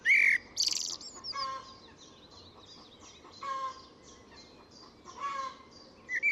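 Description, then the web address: Bird calls in short bursts: sharp high whistles and buzzy chirps, spaced by pauses of about one to two seconds, over faint background hiss. "Deverinetal 2025. Bird Only"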